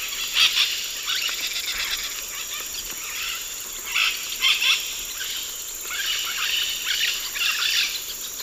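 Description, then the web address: White-eyed parakeet group: harsh, raspy screeches and chattering bursts overlapping, with a steady high insect whine throughout. A group calling, including begging calls, in the eastern lowlands of South America. "Natures Songs S America Eastern Lowlands Aratinga leucophthalma, calls and begging calls group"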